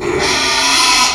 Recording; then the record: squeal of a Yucatan mini pig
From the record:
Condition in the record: after surgery on the right vocal fold (resection and tissue-engineered implant); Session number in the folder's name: 2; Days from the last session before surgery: 13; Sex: male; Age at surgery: 12 weeks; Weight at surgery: 13 kg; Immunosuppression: cyclosporine, prednisolone